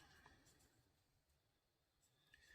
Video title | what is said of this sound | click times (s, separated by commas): Survival Dog Tag Knife Shepherds Sling | So it actually locks into place. | 2.3 s